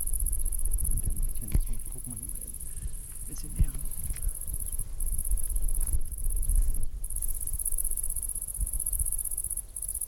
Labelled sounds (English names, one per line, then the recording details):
Great Green Bush-cricket stridulation
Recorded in the wild
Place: Botanische Anlage Blankenfelde, Berlin, DE
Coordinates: 52.603, 13.4
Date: 1996-08-24 14:19
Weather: nahendes Gewitter, windig
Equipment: Sony MD-WM MZ-R3, Sennheiser MKH 416 T, Kopie Uher 4000 Report Monitor
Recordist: Tembrock, Günter
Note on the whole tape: Stridulation, Gewitter kommt auf